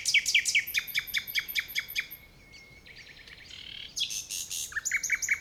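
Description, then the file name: Common nightingale song: a quick series of repeated clicking notes, a long drawn-out whistle, then buzzy and chattering phrases. "Luscinia megarhynchos"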